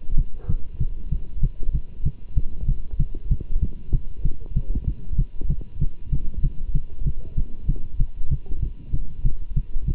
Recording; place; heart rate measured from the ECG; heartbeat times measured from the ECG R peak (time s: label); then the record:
heart sounds by stethoscope; between the tricuspid and mitral areas; 192 bpm
0.16 s: heartbeat
0.48 s: heartbeat
0.79 s: heartbeat
1.11 s: heartbeat
1.42 s: heartbeat
1.73 s: heartbeat
2.04 s: heartbeat
2.36 s: heartbeat
2.67 s: heartbeat
2.98 s: heartbeat
3.30 s: heartbeat
3.61 s: heartbeat
3.92 s: heartbeat
4.24 s: heartbeat
4.55 s: heartbeat
4.86 s: heartbeat
5.17 s: heartbeat
5.48 s: heartbeat
5.80 s: heartbeat
6.11 s: heartbeat
6.42 s: heartbeat
6.73 s: heartbeat
7.05 s: heartbeat
7.36 s: heartbeat
7.67 s: heartbeat
7.99 s: heartbeat
8.30 s: heartbeat
8.61 s: heartbeat
8.92 s: heartbeat
9.24 s: heartbeat
9.55 s: heartbeat
9.86 s: heartbeat
From the record:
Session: Bruce protocol treadmill stress test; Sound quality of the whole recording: good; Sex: male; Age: 24 years